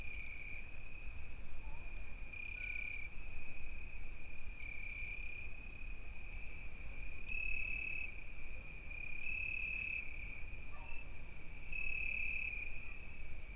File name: Noshti shturci i koteto Petrova (s Izgrev)